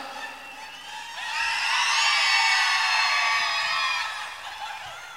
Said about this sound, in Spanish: Has hecho un grito mexicano. A ver que sigue el grito mexicano, compadre.